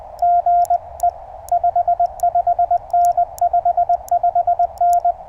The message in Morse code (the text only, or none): GE 55N 55N